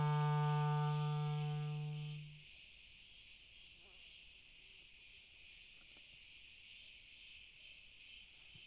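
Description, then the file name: Cricket chorus, a dense continuous high trilling that pulses gently throughout; a sustained low tone sounds in the first two seconds and then stops. Distant chorus of crickets. "Grillen Chor Cl Fern"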